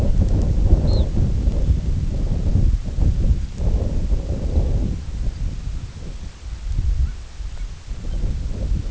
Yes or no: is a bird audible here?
yes